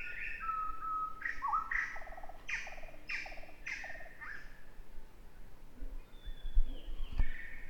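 Birds singing: a series of loud chirps with buzzy lower notes, then a long thin whistle and a sharp click near the end.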